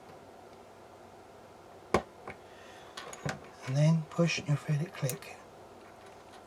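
A crimped metal contact is pushed into a plastic Anderson Powerpole power connector housing until it latches, giving one sharp, very physical click at 1.9 s, with a couple of fainter handling taps after it. Someone then talks over a quiet background. The contact is seated in the housing.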